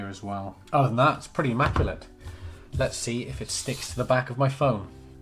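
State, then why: Not seated. A woven magnetic card wallet is handled near the back of a smartphone while someone talks over background music. Nothing has seated or clicked yet; the wallet has not attached to the phone.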